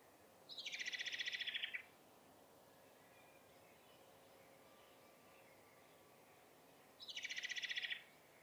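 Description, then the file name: Common blackbird giving two harsh, rapidly pulsed rattles well apart, with faint notes in the quiet gap. "Turdus merula"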